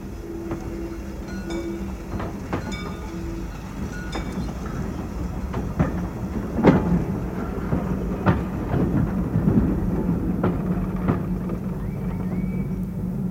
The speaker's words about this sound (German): Man sieht den Zug nicht. Noch deckt ihn die Kurve.